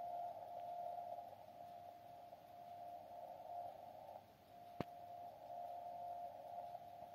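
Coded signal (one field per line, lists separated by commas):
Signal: radio time signal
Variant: JJY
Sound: continuous steady whistle tone, slightly pulsing in level, with noise and one sharp click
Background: radio static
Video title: 60 kHz JJY rtl-sdr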